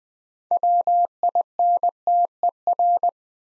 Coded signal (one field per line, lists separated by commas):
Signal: Morse code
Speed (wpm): 20 wpm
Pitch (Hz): 700 Hz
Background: none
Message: WINTER